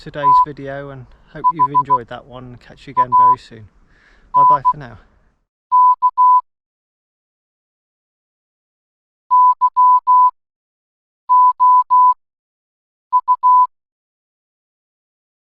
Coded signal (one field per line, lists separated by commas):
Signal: Morse code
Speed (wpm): 16 wpm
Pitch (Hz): 1000 Hz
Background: speech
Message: THANK YOU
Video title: Trail Running - Porthcurno from Gwennap Head Including Porthcurno Telegraph Museum